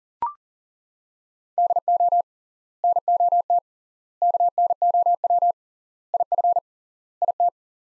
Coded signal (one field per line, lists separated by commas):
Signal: Morse code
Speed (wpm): 37 wpm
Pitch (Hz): 700 Hz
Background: none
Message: DO NOT KNOW IF IT